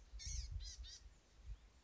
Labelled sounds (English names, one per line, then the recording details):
Blue-gray Gnatcatcher
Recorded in Sonoma County, California